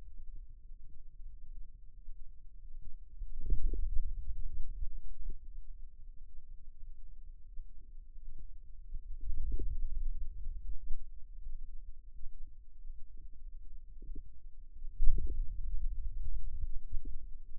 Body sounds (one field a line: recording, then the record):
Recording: forearm muscle sounds (acoustic myography)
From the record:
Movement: radial deviation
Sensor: system 2, bracelet of six BSWA MPA416 microphones around the upper forearm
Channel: 6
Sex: male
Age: 22 years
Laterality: right